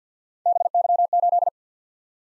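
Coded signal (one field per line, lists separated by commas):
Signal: Morse code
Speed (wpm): 52 wpm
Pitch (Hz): 700 Hz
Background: none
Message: BY8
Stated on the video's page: Morse practice at 50 wpm: random three-character letter-number groups sent twice for head-copy.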